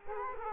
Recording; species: mosquito wingbeat signal from an infrared sensor; Culex quinquefasciatus